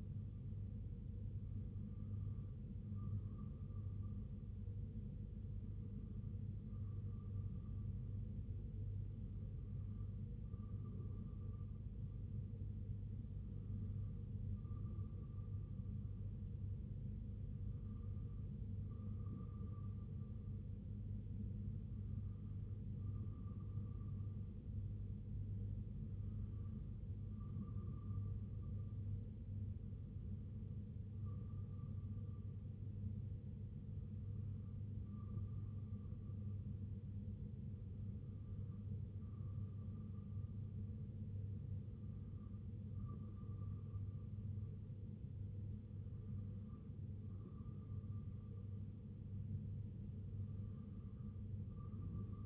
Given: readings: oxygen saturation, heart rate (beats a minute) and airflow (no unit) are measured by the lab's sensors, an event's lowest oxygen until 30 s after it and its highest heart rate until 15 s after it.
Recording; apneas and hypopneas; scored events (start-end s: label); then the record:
breathing in sleep by a smartphone at the bedside; none
none scored
From the record:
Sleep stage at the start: N2 (light sleep); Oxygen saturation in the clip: 93 to 95%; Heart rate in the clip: 58 to 66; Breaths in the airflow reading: 13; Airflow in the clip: -2.5 to 1.4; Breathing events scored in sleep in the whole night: 258 in 7.4 hours asleep